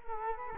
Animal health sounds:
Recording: mosquito wingbeat signal from an infrared sensor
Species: Culex quinquefasciatus

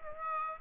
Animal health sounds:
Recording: mosquito wingbeat signal from an infrared sensor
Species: Aedes aegypti

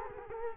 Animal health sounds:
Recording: mosquito wingbeat signal from an infrared sensor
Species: Culex quinquefasciatus

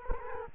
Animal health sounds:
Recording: mosquito wingbeat signal from an infrared sensor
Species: Culex quinquefasciatus

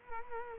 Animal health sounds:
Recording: mosquito wingbeat signal from an infrared sensor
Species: Culex quinquefasciatus

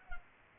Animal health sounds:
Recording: mosquito wingbeat signal from an infrared sensor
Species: Culex pipiens

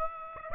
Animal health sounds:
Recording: mosquito wingbeat signal from an infrared sensor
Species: Aedes aegypti

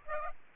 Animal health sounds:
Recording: mosquito wingbeat signal from an infrared sensor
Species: Aedes aegypti

